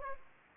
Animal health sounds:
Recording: mosquito wingbeat signal from an infrared sensor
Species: Aedes aegypti

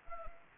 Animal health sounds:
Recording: mosquito wingbeat signal from an infrared sensor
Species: Anopheles arabiensis

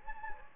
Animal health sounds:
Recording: mosquito wingbeat signal from an infrared sensor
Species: Anopheles gambiae

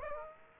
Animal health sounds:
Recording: mosquito wingbeat signal from an infrared sensor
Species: Aedes aegypti

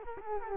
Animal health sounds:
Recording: mosquito wingbeat signal from an infrared sensor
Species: Culex quinquefasciatus

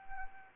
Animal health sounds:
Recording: mosquito wingbeat signal from an infrared sensor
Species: Anopheles arabiensis

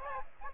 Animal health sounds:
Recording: mosquito wingbeat signal from an infrared sensor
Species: Aedes aegypti

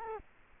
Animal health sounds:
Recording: mosquito wingbeat signal from an infrared sensor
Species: Culex quinquefasciatus

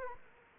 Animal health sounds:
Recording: mosquito wingbeat signal from an infrared sensor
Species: Aedes aegypti

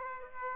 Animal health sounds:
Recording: mosquito wingbeat signal from an infrared sensor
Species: Aedes aegypti

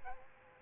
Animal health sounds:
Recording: mosquito wingbeat signal from an infrared sensor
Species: Aedes albopictus

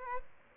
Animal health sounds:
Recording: mosquito wingbeat signal from an infrared sensor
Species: Aedes albopictus

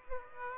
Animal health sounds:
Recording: mosquito wingbeat signal from an infrared sensor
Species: Aedes aegypti

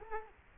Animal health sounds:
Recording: mosquito wingbeat signal from an infrared sensor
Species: Culex quinquefasciatus

